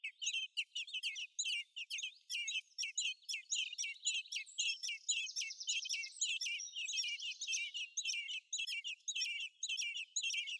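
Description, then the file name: Common blackbird giving dense, hurried chirping calls throughout, while a thin buzzy trill from another bird or insect runs briefly in the middle. "Turdus merula"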